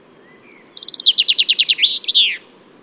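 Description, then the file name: Common chaffinch song, a cheerful trill of repeated notes dropping in pitch, finished with a short emphatic flourish. "Fringilla coelebs"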